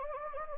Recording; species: mosquito wingbeat signal from an infrared sensor; Anopheles gambiae